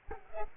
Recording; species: mosquito wingbeat signal from an infrared sensor; Culex quinquefasciatus